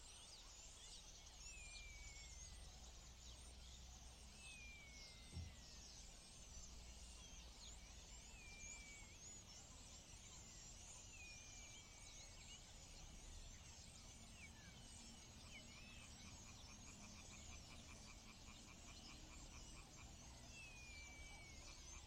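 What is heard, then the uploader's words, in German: A starling calls loudly in an evening clay pit, giving descending whistles every few seconds over a dense, steady chatter of bird song. A low rumble runs underneath throughout, and a single soft thump is heard around five seconds in. Ein Abend in der Lehmgrube. Nicht so laut, wie sonst, da irgendwann ein Star direkt ins Mikrophon brüllt. Aber echtes AB-Stereo.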